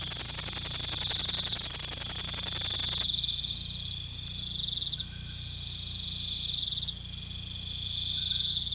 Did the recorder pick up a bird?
no